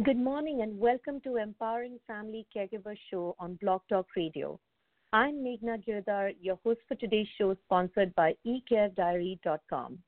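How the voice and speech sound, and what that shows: A woman speaks fluently and clearly at an even pace, giving a friendly spoken welcome to listeners as the host of a radio show; ordinary typical adult speech.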